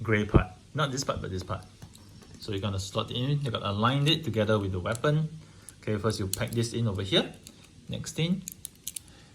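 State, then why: Seated. Someone talks while packing a weapon piece into its mount on the arm of a Bandai Metal Build Crossbone Gundam X-2 metal-frame action figure. A short series of sharp clicks sounds at 8.7, 8.9 and 9.0 seconds as the piece clicks into place before being pushed to lock it in. The weapon part is seated in the arm mount.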